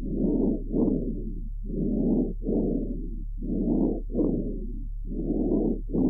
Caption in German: Ähnlich laute in- und expiratorisch hörbare Lungengeräusche wie beim gesunden Fohlen sind beim erwachsenen Pferd in Ruhe nur unter pathologischen Bedingungen anzutreffen. Bronchialen Atemgeräusches wurde bei einem Pferd mit Aspirationspneumonie registriert.